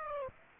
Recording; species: mosquito wingbeat signal from an infrared sensor; Aedes aegypti